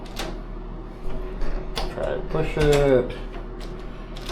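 Someone talks while pressing the door lock button on a hotel room door again, and a few short taps and knocks are heard. The lock fails to engage, and nothing has clicked or seated.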